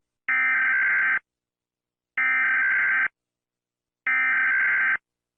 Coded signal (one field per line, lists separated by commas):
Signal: Emergency Alert System (SAME) tones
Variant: header bursts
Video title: EAS Broadcast The Battle Of Russian And Ucranian